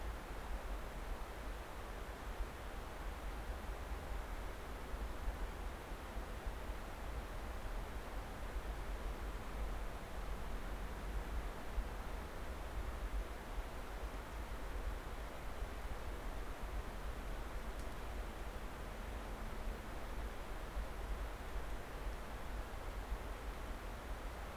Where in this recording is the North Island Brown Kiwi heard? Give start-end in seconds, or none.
none